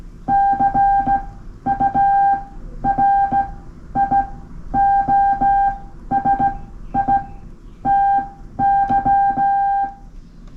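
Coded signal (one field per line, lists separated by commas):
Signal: Morse code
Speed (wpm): 15 wpm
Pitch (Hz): 790 Hz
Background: none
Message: CURIOSITY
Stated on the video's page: Amateur radio Morse tweets sent in English Morse then Japanese Morse.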